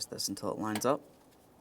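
Someone talks while a wiring harness connector is twisted into line with the coolant temperature sensor at the bottom of the radiator on a 2014-2018 Mazda 3, during a dual radiator and condenser fan assembly replacement. The talking stops at about 1.0 s, leaving quiet background. The connector has not yet clicked or seated.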